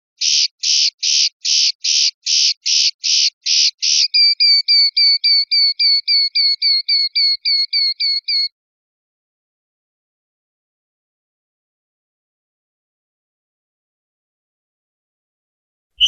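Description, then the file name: European goldfinch gives several harsh, broad notes, then a quicker run of thinner tonal notes, followed by a long silence. "suara burung chardonneret atau goldfinch eropa om kicau"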